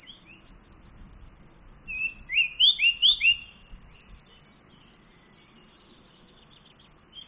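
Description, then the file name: Eurasian blackcap warbling a short run of bright, sweeping notes in the middle, while crickets keep up a shrill, pulsing trill throughout. "Sylvia atricapilla"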